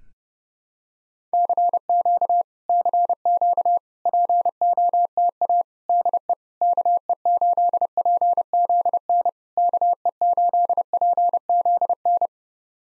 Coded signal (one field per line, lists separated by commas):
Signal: Morse code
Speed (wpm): 30 wpm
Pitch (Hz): 700 Hz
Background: none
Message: CQ CQ POTA DE KE8PZN KE8PZN